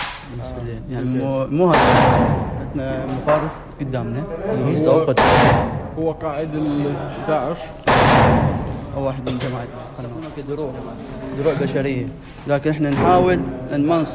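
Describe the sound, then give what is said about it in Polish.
Three loud, sharp explosions burst out a few seconds apart in a combat zone, each cutting across a steady conversation with soldiers at a frontline post, who keep talking between the blasts. “Kiedy pytam o to, czy uciekają cywile, rozmowa staje się prawie niemożliwa od natężenia wybuchów w tej okolicy.”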